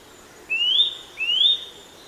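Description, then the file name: Eurasian nuthatch giving two clear whistled calls in quick succession, each sliding upward and lasting about half a second. "Sitta europaea"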